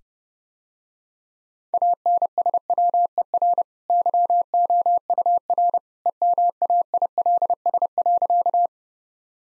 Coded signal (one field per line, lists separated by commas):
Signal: Morse code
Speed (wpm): 32 wpm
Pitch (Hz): 700 Hz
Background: none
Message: ANSWER YOUR EMAILS.